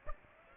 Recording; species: mosquito wingbeat signal from an infrared sensor; Aedes aegypti